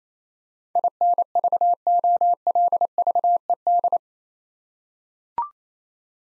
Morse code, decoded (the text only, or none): INVOLVED